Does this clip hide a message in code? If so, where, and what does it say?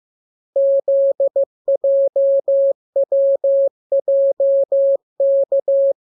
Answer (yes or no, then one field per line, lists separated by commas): yes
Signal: Morse code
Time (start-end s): 0.6-5.9 s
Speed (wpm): 15 wpm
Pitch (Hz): 550 Hz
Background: none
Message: ZJWJK